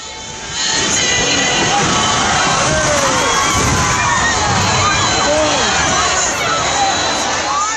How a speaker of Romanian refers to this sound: În înregistrările postate pe internet se aud țipetele de panică ale oamenilor și se poate observa cum stejarul vechi de 200 de ani cade pe mulțime.